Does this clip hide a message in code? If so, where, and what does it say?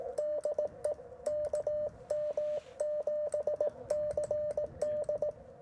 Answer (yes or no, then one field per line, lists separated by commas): yes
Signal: Morse code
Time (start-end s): 0.2-5.3 s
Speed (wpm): 18 wpm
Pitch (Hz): 600 Hz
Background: radio noise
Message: DE KM7CD